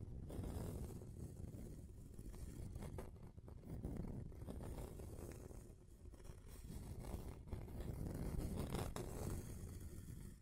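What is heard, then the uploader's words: Something is dragged and scratched across a table in a continuous, rough rubbing. The sound is heavy in the low end, with a gritty hiss above. Sharper scrapes and clicks cut through around three, four, seven and nine seconds, and the loudness swells and dips throughout. ASMR Relaxing Table Scratching Different Surfaces (No Talking).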